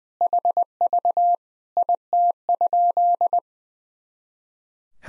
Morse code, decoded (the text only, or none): HV IT?